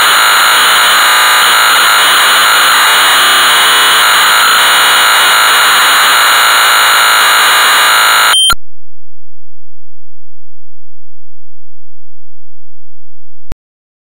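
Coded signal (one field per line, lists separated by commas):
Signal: computer data on cassette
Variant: Amstrad CPC 464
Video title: Hard Hat Mack (1983) - Amstrad CPC 464 (Full Tape Rip / Cassette Load)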